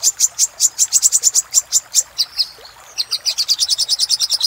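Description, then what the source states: Little spiderhunter song: steady train of high, sharp notes, then a short jumbled stretch and a faster run. Master recording for training cage birds; local name sogok ontong, labaik type.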